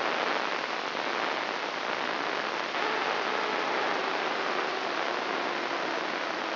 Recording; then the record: brain microelectrode recording played as sound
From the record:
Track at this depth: outside the subthalamic nucleus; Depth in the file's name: 0.115 mm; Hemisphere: left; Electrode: 3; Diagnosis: Parkinson's disease